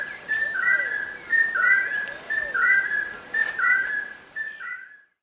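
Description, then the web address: Chestnut-headed crake giving falling whistled phrases about once per second, with a faint lower whistle beneath and a steady high tone. Eastern lowlands of South America. "Natures Songs S America Eastern Lowlands. Chestnut-headed Crake"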